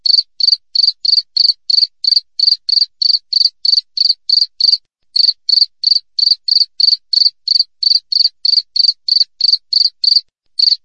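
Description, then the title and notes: Cricket producing a brisk train of uniform chirps at one pitch, around three per second, with two brief silences; no background sounds. Clear natural cricket chirping with tight spacing, used as a tutor recording for training songbirds and for repelling rats. "Masteran Jangkrik Alam Jernih, Jeda Rapat Cocok Untuk Masteran Burung Dan Mengusir Tikus. suara jangkrik"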